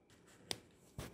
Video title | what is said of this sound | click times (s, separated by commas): Overclocking My E RIDE PRO SS with The EBMX X-9000 | and listen for the click and then the last control the last connector to mount | 0.5 s